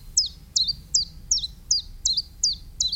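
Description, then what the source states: Common chiffchaff song: high, sharp notes repeated steadily, about eight in three seconds. Very simple two-note song; heard everywhere along a walk by a railway; resident species present all year, singing widely at this time.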